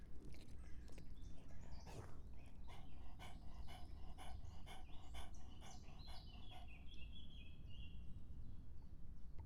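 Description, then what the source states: Dog lapping water rapidly, a fast regular series of wet laps that stops before the end. A dog drinking.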